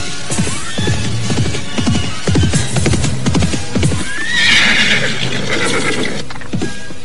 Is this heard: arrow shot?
no